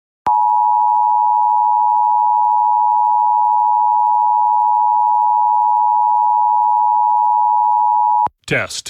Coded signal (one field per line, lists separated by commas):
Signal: Emergency Alert System (SAME) tones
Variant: 853 and 960 Hz attention tone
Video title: EAS: Pennsylvania Required Monthly Tests (and one RWT fail)(9/17/20)(EAS #476-484)